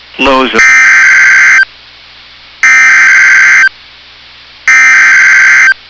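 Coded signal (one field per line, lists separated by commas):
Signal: Emergency Alert System (SAME) tones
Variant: header bursts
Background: speech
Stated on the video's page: Real NOAA Weather Radio Severe Thunderstorm Warnings heard on a radio during strong storms in North Dakota and northern Minnesota.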